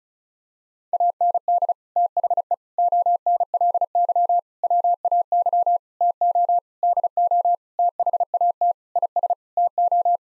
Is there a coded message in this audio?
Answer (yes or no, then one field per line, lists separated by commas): yes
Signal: Morse code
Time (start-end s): 0.9-10.2 s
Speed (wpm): 36 wpm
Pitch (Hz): 700 Hz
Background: none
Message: AND THE ONLY WAY TO DO THAT IS TO